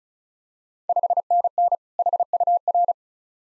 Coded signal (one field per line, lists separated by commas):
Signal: Morse code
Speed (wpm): 36 wpm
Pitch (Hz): 700 Hz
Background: none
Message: 5NN HUR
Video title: Ontario QSO Party Exchange 35wpm